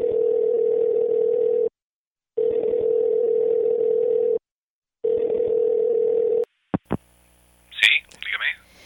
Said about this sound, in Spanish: Vamos a marcar el número, a ver si contesta, a ver si hay alguien.